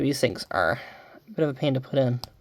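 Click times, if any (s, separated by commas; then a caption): none. A plastic Lego Bionicle piece is being pushed into its socket on the figure while someone talks. Nothing has seated or clicked yet.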